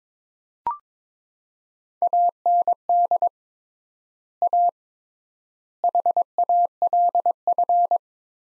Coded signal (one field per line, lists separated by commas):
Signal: Morse code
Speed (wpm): 22 wpm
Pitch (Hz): 700 Hz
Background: none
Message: AND A HALF